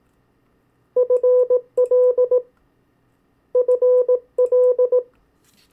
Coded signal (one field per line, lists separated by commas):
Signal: Morse code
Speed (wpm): 18 wpm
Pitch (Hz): 500 Hz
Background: none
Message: FL FL